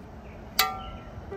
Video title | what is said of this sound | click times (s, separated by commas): Stanley三合一 不只是保溫壺也是炊事鍋! 還能濾煮咖啡! 多功組合真不錯! | pull the handle and you will hear a "click" | 0.6 s